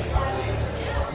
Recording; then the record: background sound without coughing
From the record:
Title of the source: CITY SOUNDS Busy Bar in the Evening Night - 2 HOURS of Ambiance for Relaxation